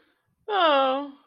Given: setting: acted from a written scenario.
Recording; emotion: vocal sound without words; distress